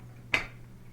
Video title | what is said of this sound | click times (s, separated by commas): This Isn't Going to Work! | and it snaps right in. | 0.3 s